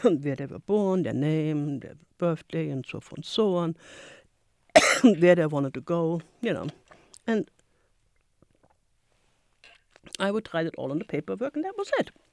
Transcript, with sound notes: where they were born, their name, their birthday and so forth and so on, [coughs] where they wanted to go. You know. And I would write it all on the paperwork and that was it.